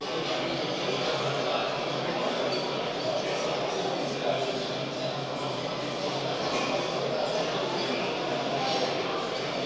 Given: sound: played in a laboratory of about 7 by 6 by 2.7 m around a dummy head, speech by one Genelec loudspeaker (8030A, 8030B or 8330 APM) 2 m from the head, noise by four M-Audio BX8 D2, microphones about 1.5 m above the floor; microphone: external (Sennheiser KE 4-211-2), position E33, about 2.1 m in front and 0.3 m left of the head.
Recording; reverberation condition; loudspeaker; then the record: cafeteria noise; high; four, about 170 cm from the corners of the room and facing them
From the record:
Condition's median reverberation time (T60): about 1300 ms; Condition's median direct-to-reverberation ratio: about -4.0 dB